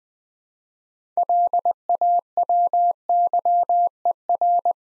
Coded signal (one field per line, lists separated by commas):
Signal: Morse code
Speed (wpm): 20 wpm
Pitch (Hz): 700 Hz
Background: none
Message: LAWYER